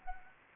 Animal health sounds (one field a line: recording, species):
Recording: mosquito wingbeat signal from an infrared sensor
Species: Anopheles arabiensis